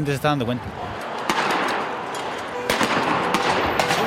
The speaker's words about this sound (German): Dann explodiert ganz in der Nähe wieder eine Tränengasbombe.